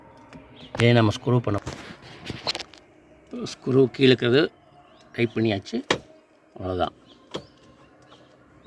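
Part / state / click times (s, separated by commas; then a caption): bonnet lock latch in car front end / seated / 7.4 s. The metal bonnet lock latch at the front end of a Tata Indica V2 is worked after a new bonnet release cable has been fitted and the screw below tightened. Someone talks, with a few short metallic taps around 2.5 s. The latch snaps into its locked position with a single click at 7.4 s.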